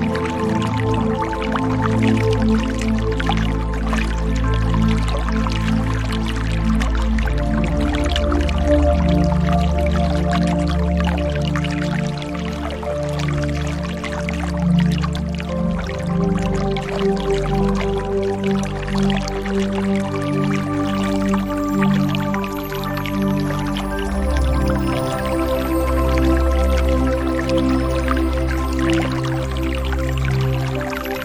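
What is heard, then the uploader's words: Soft, slow music with sustained low tones and gentle held chords continues throughout, steady in loudness. Over it sits a dense patter of small water drips and trickles, with faint bright sparkles entering near the end. Aqua Meditation: Serene Music for Deep Relaxation and Water Sounds.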